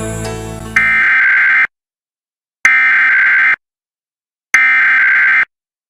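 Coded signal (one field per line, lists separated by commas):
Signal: Emergency Alert System (SAME) tones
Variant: header bursts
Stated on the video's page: Simulated nationwide activation in a hypothetical mock broadcast with realistic audio design.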